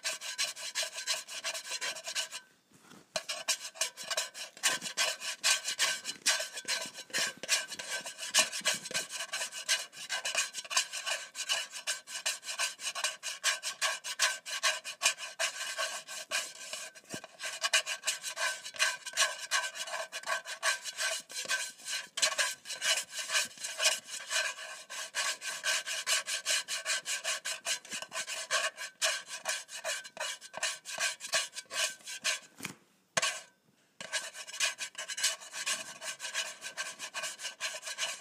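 Someone scratches a can of soup in a steady, dense rasping that carries on throughout, bright, with brief pauses near three and thirty-three seconds.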